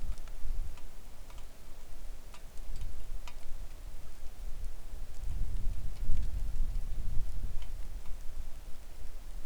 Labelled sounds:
rain
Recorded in the Arctic National Wildlife Refuge, Alaska, on 3 August 2019 at 09:30
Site 41

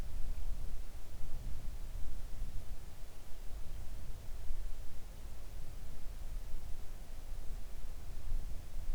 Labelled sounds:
wind
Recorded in the Arctic National Wildlife Refuge, Alaska, on 3 August 2019 at 05:22
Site 41

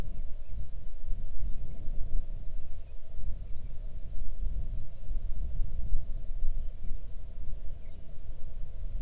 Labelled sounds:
bird, wind
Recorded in the Arctic National Wildlife Refuge, Alaska, on 6 July 2019 at 00:35
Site 39

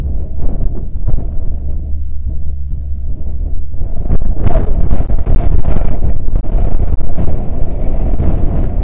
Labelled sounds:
wind, aircraft
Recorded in the Prudhoe Bay oil fields, Alaska, on 18 August 2019 at 07:55
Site 14

